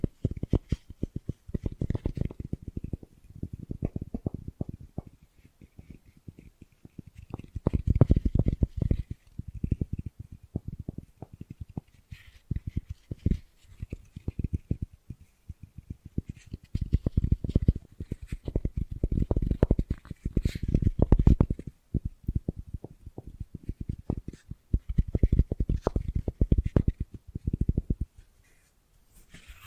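Bracelets and jewelry boxes are handled in dense bursts of low rattling and knocking, with faint light ticks above and brief pauses throughout.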